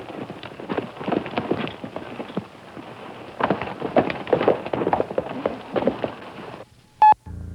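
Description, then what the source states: Horse hoofbeats, a dense clatter of many hooves that swells, eases and swells again, ending with a brief tonal sound. Horses ridden into the foreground.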